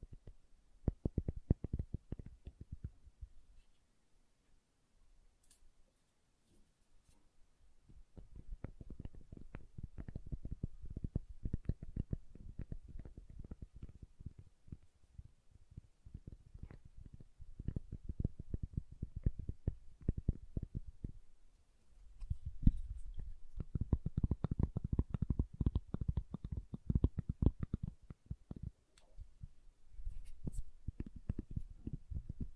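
Soap being tapped and carved, heard as dense runs of soft, low, muffled knocks and scrapes. The activity comes in bursts, with near-silent pauses around 4–8 and 21–22 seconds, and the busiest, brightest stretch falls around 23–28 seconds.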